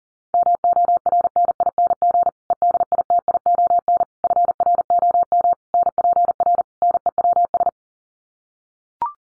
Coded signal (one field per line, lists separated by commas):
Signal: Morse code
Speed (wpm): 40 wpm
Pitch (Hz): 700 Hz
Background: none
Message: MORNING EDITION FROM NPR NEWS